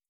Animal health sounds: hydrophone in a shrimp aquaculture tank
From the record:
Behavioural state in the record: feeding

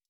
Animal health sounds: hydrophone in a shrimp aquaculture tank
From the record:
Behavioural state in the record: stressed

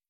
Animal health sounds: hydrophone in a shrimp aquaculture tank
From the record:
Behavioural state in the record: stressed

